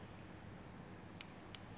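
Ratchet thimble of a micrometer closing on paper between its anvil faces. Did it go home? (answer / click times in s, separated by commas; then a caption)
yes / 1.2 s, 1.6 s. A micrometer's ratchet thimble is turned to tighten the spindle onto a sheet of paper between the measuring faces, using the ratchet so it is not overtightened and the micrometer is not damaged. Over a quiet, steady background, two sharp, very short clicks sound at 1.2 s and 1.5 s as the ratchet slips at its torque limit.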